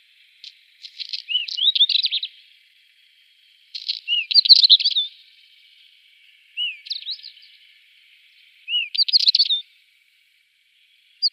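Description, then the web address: Isabelline wheatear song in four separate bursts a few seconds apart, each a hurried mix of clicks, chatter and whistled notes. "Schulze Peter Isabelline Wheatear song"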